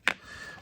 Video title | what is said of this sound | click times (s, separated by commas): The Albrecht Chuck Video - Tune Up - Tear Down - How To Do It | that snaps in place that gives a nice little Gap in between the shell here | 0.1 s